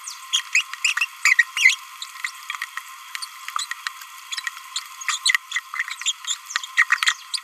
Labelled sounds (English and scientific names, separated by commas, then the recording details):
Green-rumped Parrotlet (Forpus passerinus) babbling
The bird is a male
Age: 27 days
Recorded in a nest box in Venezuela
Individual 17B31A2